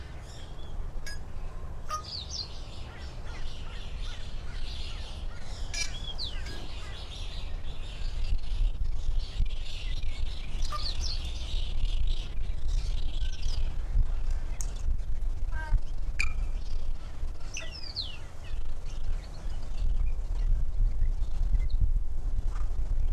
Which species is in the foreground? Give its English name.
White-necked Myna